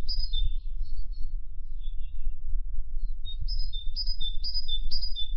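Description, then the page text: Great tit song: bright two-note phrases alternating high and lower, repeated in a rhythmic series after a short pause, over a low steady rumble. "Звуки птиц - Большая синица"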